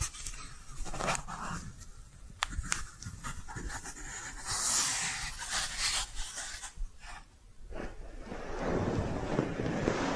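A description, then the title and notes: Soft brushing: quick airy strokes sweep across a surface in an irregular rhythm, some crisp and bright, others muffled. Around the middle a longer hissing sweep stands out, and the last two seconds turn into a denser, lower scratchy rustle. Cozy Brushing.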